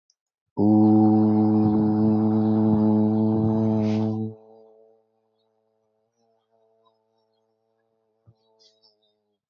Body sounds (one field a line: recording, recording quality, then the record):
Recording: sustained vowel as in boot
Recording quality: excellent, no background noise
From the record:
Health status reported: healthy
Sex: male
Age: 18 years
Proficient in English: yes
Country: India